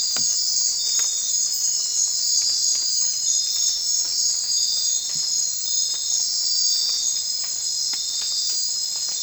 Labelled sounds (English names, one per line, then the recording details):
none
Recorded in secondary vegetation near Puerto Asís, Putumayo, Colombia, on 25 June 2025 at 01:00
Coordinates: 0.499, -76.323
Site G077